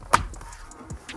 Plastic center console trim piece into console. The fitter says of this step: you hear it pop and